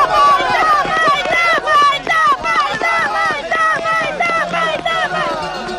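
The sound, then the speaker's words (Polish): A loud, lively crowd of spectators, some with bells, shouts and cheers runners at a 6 km running race, many voices overlapping in a continuous stream of whoops and calls with no pause. “Doping widzę bardzo żywy.”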